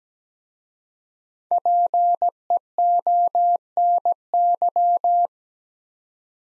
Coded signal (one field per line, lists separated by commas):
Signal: Morse code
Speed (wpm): 17 wpm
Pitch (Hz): 700 Hz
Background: none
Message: PEONY